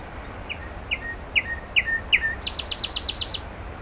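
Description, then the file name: Common nightingale song: five sharp downslurred notes roughly every 0.4 seconds, then a fast run of about eight high ringing notes. "Luscinia megarhynchos"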